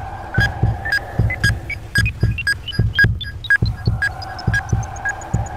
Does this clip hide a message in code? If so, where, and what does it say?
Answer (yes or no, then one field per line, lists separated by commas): no